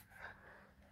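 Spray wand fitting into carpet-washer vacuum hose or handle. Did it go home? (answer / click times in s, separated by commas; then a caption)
no / none. The spray tube or wand fitting of a Numatic George carpet-washing vacuum is pushed one-handed into its socket on the hose or handle. There is a soft, breathy rustle with a brief swell around 0.2–0.3 s over a low steady hum. Nothing has seated or clicked yet.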